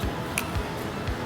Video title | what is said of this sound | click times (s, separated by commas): ALAT UKUR PANJANG_PENGLAB_PEND.FISIKA UNS_2017 | sudah terkunci | 0.4 s